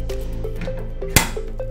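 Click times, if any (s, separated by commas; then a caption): 1.2 s. The open end of a cast aluminum modular monitor mount component is slid onto the clip end of a quick release until it clicks into place. Over steady background music, one sharp, loud click stands out at 1.2 seconds, and the component is seated.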